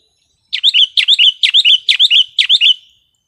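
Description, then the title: Sooty-headed bulbul song: one brisk series of five bubbling, rollicking phrases delivered quickly, otherwise quiet. "kutilang"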